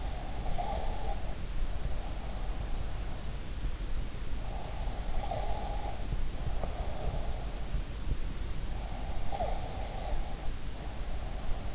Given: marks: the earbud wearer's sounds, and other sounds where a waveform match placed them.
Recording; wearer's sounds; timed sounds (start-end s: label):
sounds in sleep by an in-ear microphone; breath
0.00-2.54 s: breath
4.62-7.38 s: breath
8.95-11.75 s: breath